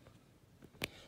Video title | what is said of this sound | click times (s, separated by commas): Cleaning and Assembling A Baby Brezza Formula Bottle Maker Machine | it slides up in here and it clicks | 0.8 s